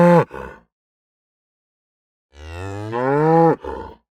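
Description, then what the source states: Cow mooing: a short harsh bellow with a grunting tail, a pause of nearly two seconds, then a longer rising, strained moo ending in a rough grunt. Aggressive cow moo.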